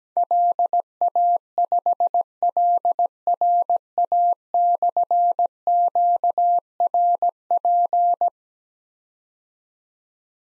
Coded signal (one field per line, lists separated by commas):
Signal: Morse code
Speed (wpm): 17 wpm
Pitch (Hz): 700 Hz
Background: none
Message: LA5LRA/QRP